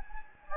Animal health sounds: mosquito wingbeat signal from an infrared sensor; Anopheles gambiae

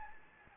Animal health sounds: mosquito wingbeat signal from an infrared sensor; Anopheles gambiae

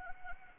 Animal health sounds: mosquito wingbeat signal from an infrared sensor; Anopheles arabiensis

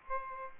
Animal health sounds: mosquito wingbeat signal from an infrared sensor; Aedes aegypti

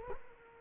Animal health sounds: mosquito wingbeat signal from an infrared sensor; Culex quinquefasciatus

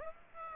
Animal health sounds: mosquito wingbeat signal from an infrared sensor; Aedes aegypti

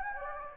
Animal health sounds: mosquito wingbeat signal from an infrared sensor; Anopheles gambiae

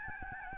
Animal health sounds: mosquito wingbeat signal from an infrared sensor; Aedes albopictus

